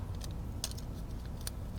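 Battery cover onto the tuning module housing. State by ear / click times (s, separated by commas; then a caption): not seated / none. The plastic battery cover of a Pulsar XT 12451 tuning module for an F150 is handled onto the module housing after three batteries have been dropped in. Light taps and rattles sound over a low, steady hum, with the sharpest ticks near 0.6 s and 1.5 s. Nothing has seated or clicked yet; the cover has not snapped home.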